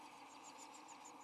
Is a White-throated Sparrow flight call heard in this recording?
no